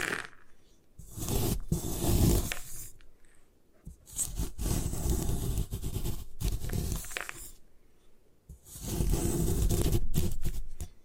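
Gym chalk being crushed and crumbled in three long bouts of dense, gritty crunching and scraping, roughly at 1–3.5 s, 4–7.5 s and 9–11 s. Short quiet gaps separate them, and sharp clicks and snaps punctuate the rough, bright grinding.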